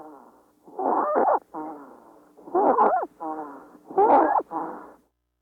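Three breath cycles over about five seconds, roughly 40 a minute, each with a loud, harsh, high-pitched crowing sound followed by a softer musical phase. This is infant stridor, a sign of upper airway narrowing in an acutely ill child.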